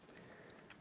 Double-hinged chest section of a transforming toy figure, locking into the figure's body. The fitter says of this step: that'll actually snap into place like that